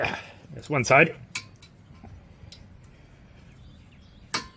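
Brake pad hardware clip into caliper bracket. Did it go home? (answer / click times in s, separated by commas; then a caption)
yes / 4.3 s. A metal brake pad hardware clip is pushed into the caliper bracket of a 2006 Scion xB during a front brake job. Someone talks at the start, and there are a few small metallic taps. A loud metallic snap at 4.3 s shows the clip seating in place.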